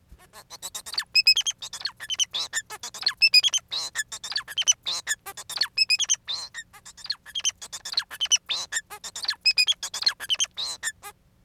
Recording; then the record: song of a male Bengalese finch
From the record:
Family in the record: son of father 4